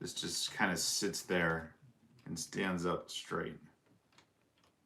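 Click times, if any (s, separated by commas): none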